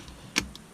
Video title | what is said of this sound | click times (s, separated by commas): Gen5 4Runner Ditch Light Install | so that the plug can't come undone everybody's clipped everybody's happy | 0.4 s